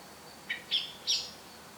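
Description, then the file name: Common blackbird calls: three short, sharp high notes in quick succession. "Turdus merula"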